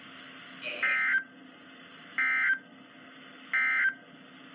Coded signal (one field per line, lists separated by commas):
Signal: Emergency Alert System (SAME) tones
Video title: The more the merrier EAS# 85-89 6/7/20 (Read Desc)